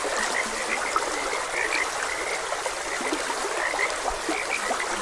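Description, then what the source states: Dense frog chorus of overlapping chirps, some louder calls standing out, over a constant stream hiss. Frogs croaking beside a gentle stream.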